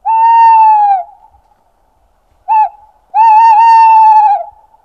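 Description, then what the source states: Tawny Owl hoots: a long, steady, clear hoot, then a short hoot, then another long, slightly wavering hoot, with no other sounds heard. Male's territorial call, the voice of a potential rival; played back from an MP3 player to stimulate owls.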